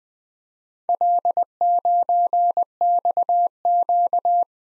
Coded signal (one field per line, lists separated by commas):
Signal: Morse code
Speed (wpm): 21 wpm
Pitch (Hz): 700 Hz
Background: none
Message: L9XQ